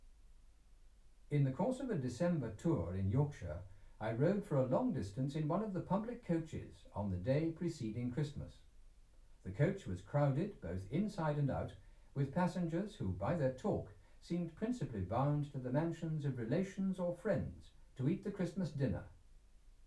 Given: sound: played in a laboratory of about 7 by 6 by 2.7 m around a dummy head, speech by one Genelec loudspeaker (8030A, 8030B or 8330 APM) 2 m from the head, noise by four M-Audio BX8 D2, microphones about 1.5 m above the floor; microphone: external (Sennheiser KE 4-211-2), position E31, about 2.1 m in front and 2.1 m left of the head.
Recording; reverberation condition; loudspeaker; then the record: male speech in English; low; 120 degrees to the left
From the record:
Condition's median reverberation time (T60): about 310 ms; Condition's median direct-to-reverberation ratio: about 3.5 dB